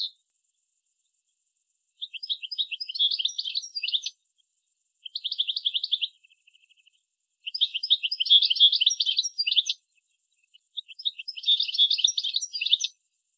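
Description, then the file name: European goldfinch twittering: quick liquid chirps in four bursts separated by short pauses, with a constant high hiss behind. "Carduelis carduelis"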